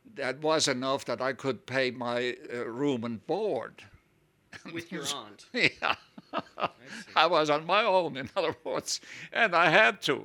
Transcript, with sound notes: that was enough that I could pay my room and board.
With your aunt.
(he laughs) Yeah. I was on my own in other words, and I had to.